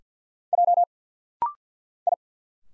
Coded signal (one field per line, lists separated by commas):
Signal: Morse code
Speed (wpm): 50 wpm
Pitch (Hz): 700 Hz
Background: none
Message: J I